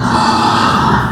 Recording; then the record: squeal of a Yucatan mini pig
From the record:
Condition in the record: after surgery on the right vocal fold (resection and tissue-engineered implant); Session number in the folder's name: 15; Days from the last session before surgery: 175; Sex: female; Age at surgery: 19 weeks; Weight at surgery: 25 kg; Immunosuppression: prednisolone